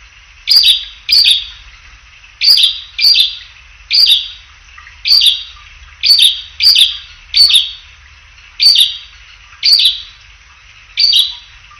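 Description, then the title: Prinia song: bright, sharp chirping phrases high in pitch, given in irregular bursts, about twelve over twelve seconds, with quiet gaps between. Male, singing. "prenjk gnung. Suara Kicau Burung Prenjak jantan"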